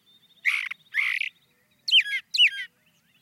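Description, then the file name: Brown thrasher song with two harsh raspy notes followed by two matching whistled notes. "suara-kicauan-brown-thrasher 2-omkicau"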